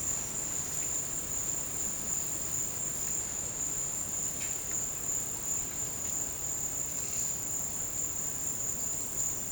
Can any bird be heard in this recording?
no